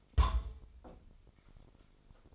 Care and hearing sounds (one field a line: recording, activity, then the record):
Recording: daily activity, microphone in the room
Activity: place on stove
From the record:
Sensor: 5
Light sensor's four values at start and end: 33/79/32/34 and 33/79/32/34